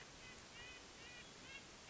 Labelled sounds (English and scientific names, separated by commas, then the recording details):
California Quail (Callipepla californica)
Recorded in Sonoma County, California